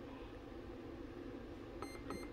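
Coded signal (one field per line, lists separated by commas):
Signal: beep code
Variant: Flycolor brushless ESC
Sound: steady low hum, then two short high beeps with clicks at the end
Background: low background hum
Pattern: 2 short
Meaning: Programmable item: motor direction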